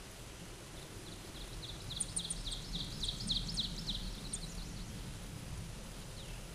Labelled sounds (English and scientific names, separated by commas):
Ovenbird (Seiurus aurocapilla) song